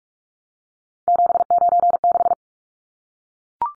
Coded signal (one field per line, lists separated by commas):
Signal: Morse code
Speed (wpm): 44 wpm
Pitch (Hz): 700 Hz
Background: none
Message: 796